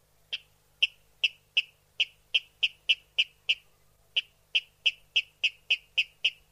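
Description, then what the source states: Water rail calls: a rapid, steady run of short, hard kip notes, with one brief pause midway. Played back; recording used for a playback survey protocol in France.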